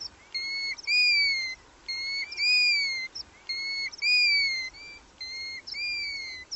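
Bird repeating a loud whistled call, each note arching up and down with a short introductory chip, four calls evenly spaced over faint continuous hiss.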